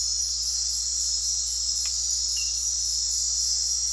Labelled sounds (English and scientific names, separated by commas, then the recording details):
none
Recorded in dense forest near Puerto Asís, Putumayo, Colombia, on 9 March 2025 at 22:30
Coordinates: 0.503, -76.323
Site GP09